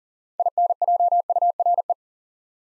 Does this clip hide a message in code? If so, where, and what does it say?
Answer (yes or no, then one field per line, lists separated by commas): yes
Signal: Morse code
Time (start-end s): 0.4-1.9 s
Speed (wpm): 40 wpm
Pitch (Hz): 700 Hz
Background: none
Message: INJURE